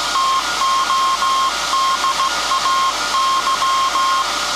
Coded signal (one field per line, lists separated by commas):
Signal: Morse code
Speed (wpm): 17 wpm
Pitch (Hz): 1070 Hz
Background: none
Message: TODAY